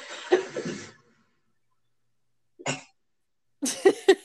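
A stifled sneeze from an adult woman: a hissing, breathy burst, then a brief puff, then a quick double snort-like release, all muffled rather than loud. The sneeze is held in hard, so the usual enormously loud, explosive blast is suppressed.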